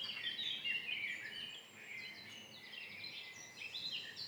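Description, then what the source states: Birds twittering, overlapping high chirps and brief whistled notes in a short busy burst. Birds singing at dawn in front of the entrance of the abandoned Hennocque quarries, Méry-sur-Oise, France.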